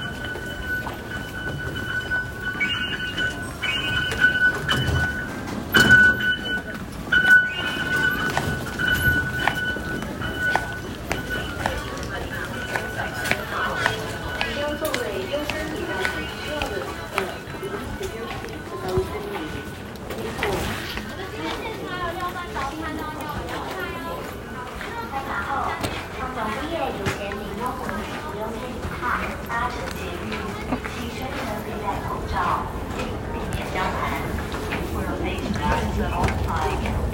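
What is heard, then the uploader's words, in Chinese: Riding the Taipei MRT from Taipei Main Station on the way to work. Voices murmur throughout over a low rumble, with scattered clicks and footstep-like clatter, and a thin steady whine holds for the first seventeen seconds, then fades. 從台北車站搭捷運上班。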